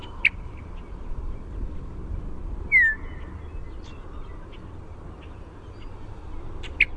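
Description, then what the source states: Western meadowlark gives a single short downward-slurred whistle midway, with brief sharp ticks near the start and end against steady low background noise. Chupp whistle call type.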